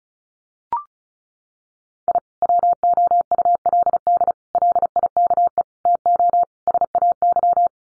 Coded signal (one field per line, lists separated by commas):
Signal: Morse code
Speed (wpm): 34 wpm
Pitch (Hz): 700 Hz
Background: none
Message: I WOULD LIKE TO SAY